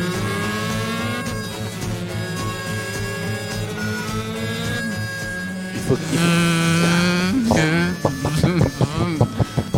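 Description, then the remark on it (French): Motorcycle engines drone steadily, then rev up hard as they race, with rising pitch and a burst of sharp, repeated throttle blips near the end. “On fait la course.”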